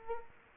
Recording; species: mosquito wingbeat signal from an infrared sensor; Culex quinquefasciatus